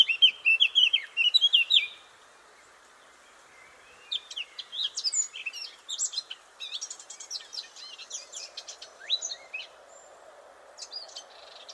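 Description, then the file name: Eurasian blackcap singing: a brief fluted phrase, then a long scratchy, twittering run of quick notes over a soft background hiss. "Sylvia atricapilla"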